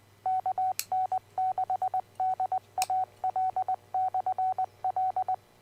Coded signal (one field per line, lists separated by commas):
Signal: Morse code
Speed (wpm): 20 wpm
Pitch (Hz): 750 Hz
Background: none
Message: KN6DAL/L